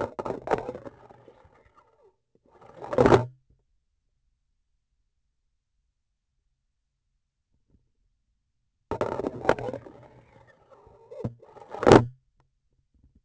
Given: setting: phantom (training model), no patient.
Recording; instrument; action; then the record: laparoscopic instrument, vibration sensor on the handle end; grasping forceps; insertion and removal through the trocar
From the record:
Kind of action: spatial motion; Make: other than Olympus